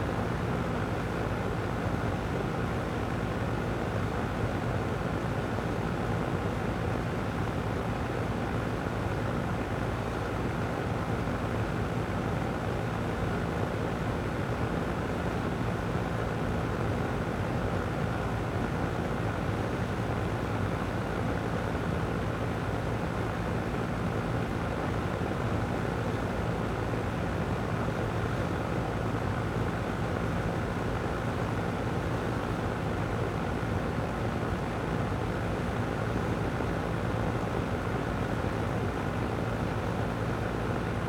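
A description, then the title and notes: An air conditioner runs hard, giving a steady, dense mechanical roar that holds at the same level for the whole 41 seconds. Low hum and rumble dominate, with a few faint sustained tones riding through the middle and little change or interruption throughout. Air Conditioner Working Hard.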